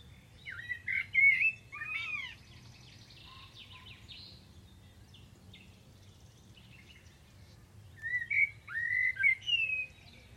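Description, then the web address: Bird song: short whistled, slurred phrases around mid-high pitch in two bursts, at the start and near the end, with a softer buzzy passage between over low background hum. "Deverinetal. Bird Only"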